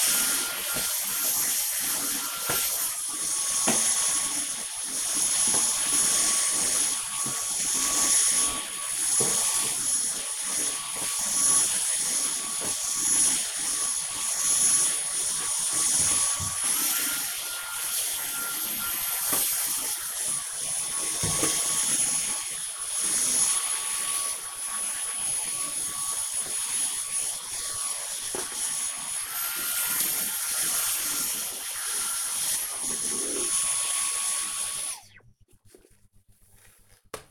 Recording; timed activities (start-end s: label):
household activities, microphone on the right wrist
0.00-34.79 s: vacuum cleaning